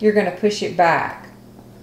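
The buttonhole lever on a Singer Heavy Duty 4452 sewing machine is being handled and pushed back toward its rear position, which resets it for sewing each new buttonhole. Someone talks through most of the clip, followed by a quiet, steady low hum. Nothing has seated or clicked yet.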